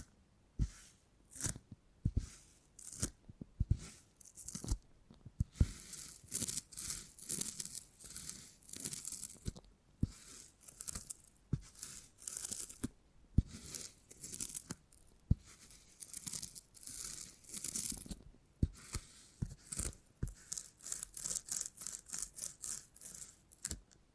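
Beeswax is handled in a steady run of crinkly, crackling rubs and sharp snaps, bright and dense with short pauses between bursts. Clicks and tearing-like crunches come every second or so across the whole stretch, with no other sounds behind them.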